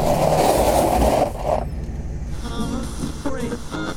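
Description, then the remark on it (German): A car drives off the road with a loud, steady engine rumble, then the noise drops off sharply as it comes to a stop, leaving a quieter idling hum. “Neulich in einem Auto abseits der Straße.”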